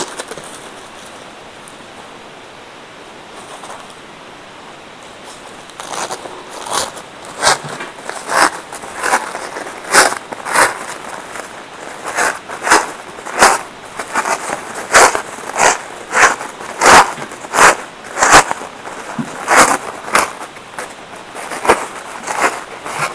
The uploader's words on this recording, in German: ASMR Serviettenrosen Basteln No Talking. In dieser Aufnahme wird nicht gesprochen.